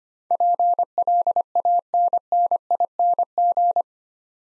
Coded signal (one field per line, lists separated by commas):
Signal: Morse code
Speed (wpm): 25 wpm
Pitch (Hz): 700 Hz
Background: none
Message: PLANNING